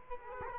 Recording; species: mosquito wingbeat signal from an infrared sensor; Culex quinquefasciatus